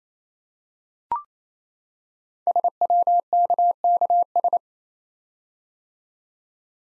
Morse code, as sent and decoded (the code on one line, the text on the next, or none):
... .-- -.- -.- ...
SWKKS